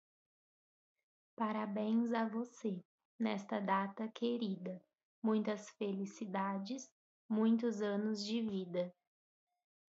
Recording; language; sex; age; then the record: short text; Brazilian Portuguese; female; 20 to 29 years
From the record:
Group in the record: control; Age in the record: 23 years